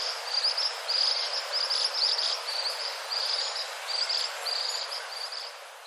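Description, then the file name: Ashy minivet giving high, jingling trills in quick succession, almost continuous, against constant hiss. "sansho"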